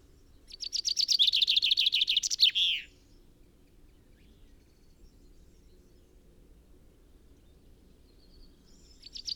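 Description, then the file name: Common chaffinch song: a bright, fast run of repeated notes descending in pitch and ending in a sharp flourish, followed by long quiet and the start of another phrase. "Fringilla coelebs"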